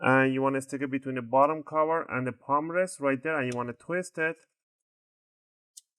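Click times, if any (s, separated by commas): 5.8 s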